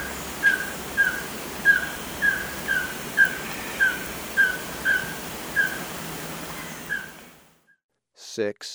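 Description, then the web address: White-streaked antvireo calling with a long series of short whistled notes, about two per second, ending abruptly before a brief sharp noise. Recorded in Ecuador. "Birds of Ecuador 29 White-streaked Antvireo"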